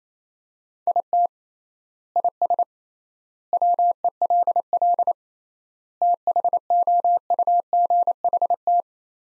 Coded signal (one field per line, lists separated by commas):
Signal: Morse code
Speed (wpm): 28 wpm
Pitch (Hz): 700 Hz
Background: none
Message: IT IS WELL THOUGHT